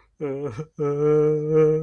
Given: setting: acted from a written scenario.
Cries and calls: vocal sound without words; sadness

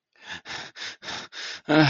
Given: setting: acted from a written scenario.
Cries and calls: vocal sound without words; distress

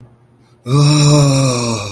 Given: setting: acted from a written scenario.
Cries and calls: vocal sound without words; awe

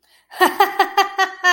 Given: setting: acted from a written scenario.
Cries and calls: vocal sound without words; amusement

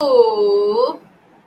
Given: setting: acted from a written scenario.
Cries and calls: vocal sound without words; confusion

